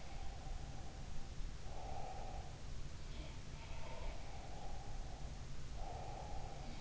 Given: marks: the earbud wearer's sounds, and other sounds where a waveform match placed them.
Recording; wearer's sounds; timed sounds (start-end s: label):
sounds in sleep by an in-ear microphone; breath
0.08-2.62 s: breath
3.09-6.81 s: sound from someone else or the room
4.16-6.81 s: breath